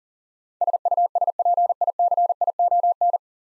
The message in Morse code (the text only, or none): SUSPICION